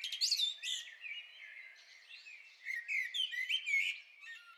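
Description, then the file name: Common blackbird song: squeaky, high-pitched notes at first, then a run of quick twittering chirps. "Turdus merula"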